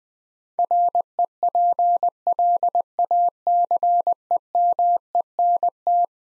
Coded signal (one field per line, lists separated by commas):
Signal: Morse code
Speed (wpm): 21 wpm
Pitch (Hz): 700 Hz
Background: none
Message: REPLACEMENT